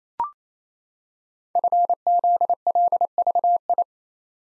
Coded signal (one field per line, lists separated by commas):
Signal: Morse code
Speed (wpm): 27 wpm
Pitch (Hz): 700 Hz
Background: none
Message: FZLVI